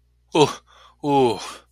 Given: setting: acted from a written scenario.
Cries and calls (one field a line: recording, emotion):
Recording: vocal sound without words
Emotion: relief